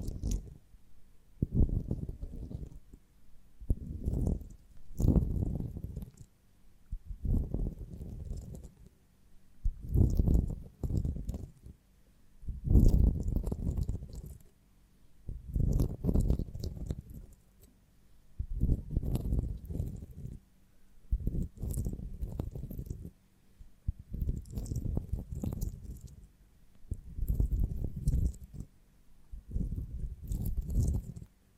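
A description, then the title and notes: Chewing on honeycomb in repeated wet, squishy bites every couple of seconds, mostly low and thick, with crackly sticky bits on top. ASMR of a Honeycomb on Branch (No Talking).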